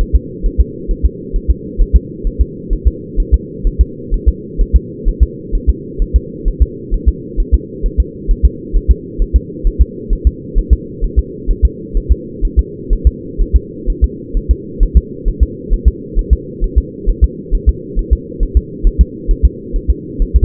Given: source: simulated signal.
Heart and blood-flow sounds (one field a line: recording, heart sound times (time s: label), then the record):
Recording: fetal heart sounds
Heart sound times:
0.01 s: S1
0.15 s: S2
0.46 s: S1
0.61 s: S2
0.91 s: S1
1.05 s: S2
1.36 s: S1
1.50 s: S2
1.81 s: S1
1.96 s: S2
2.27 s: S1
2.41 s: S2
2.73 s: S1
2.88 s: S2
3.20 s: S1
3.34 s: S2
3.67 s: S1
3.81 s: S2
4.14 s: S1
4.28 s: S2
4.61 s: S1
4.76 s: S2
5.08 s: S1
5.23 s: S2
5.55 s: S1
5.69 s: S2
6.02 s: S1
6.16 s: S2
6.48 s: S1
6.62 s: S2
6.94 s: S1
7.08 s: S2
7.40 s: S1
7.54 s: S2
7.86 s: S1
8.00 s: S2
8.31 s: S1
8.45 s: S2
8.76 s: S1
8.91 s: S2
9.22 s: S1
9.36 s: S2
9.67 s: S1
9.81 s: S2
10.13 s: S1
10.27 s: S2
10.58 s: S1
10.73 s: S2
11.04 s: S1
11.19 s: S2
11.50 s: S1
11.65 s: S2
11.97 s: S1
12.12 s: S2
12.45 s: S1
12.59 s: S2
12.93 s: S1
13.07 s: S2
13.41 s: S1
13.56 s: S2
13.90 s: S1
14.04 s: S2
14.37 s: S1
14.51 s: S2
14.83 s: S1
14.97 s: S2
15.28 s: S1
15.43 s: S2
15.73 s: S1
15.88 s: S2
16.19 s: S1
16.33 s: S2
16.64 s: S1
16.78 s: S2
17.09 s: S1
17.24 s: S2
17.55 s: S1
17.69 s: S2
17.99 s: S1
18.13 s: S2
18.43 s: S1
18.57 s: S2
18.87 s: S1
19.01 s: S2
19.31 s: S1
19.45 s: S2
19.76 s: S1
19.90 s: S2
20.22 s: S1
20.36 s: S2
From the record:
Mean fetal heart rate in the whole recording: 130 bpm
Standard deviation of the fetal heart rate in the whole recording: 4 bpm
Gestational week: 38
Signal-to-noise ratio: -4.1 dB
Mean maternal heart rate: no maternal heart sound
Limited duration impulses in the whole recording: absent